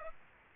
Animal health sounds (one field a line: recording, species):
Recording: mosquito wingbeat signal from an infrared sensor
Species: Aedes aegypti